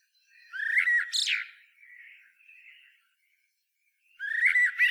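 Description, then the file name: Common blackbird uttering a warbled phrase that breaks into a high squeaky twitter, followed by faint soft notes and another phrase after a pause. "Turdus merula"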